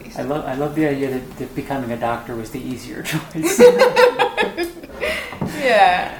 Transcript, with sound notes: I love--I love the idea that becoming a doctor was the easier choice. [laughter]
Yeah, yeah.